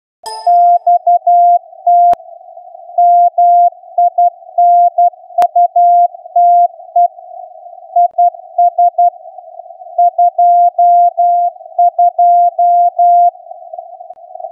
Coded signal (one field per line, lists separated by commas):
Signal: Morse code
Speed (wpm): 12 wpm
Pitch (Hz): 700 Hz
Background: none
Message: XT MINUTE IS 22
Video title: OK0EPB 60m beacon - video reception report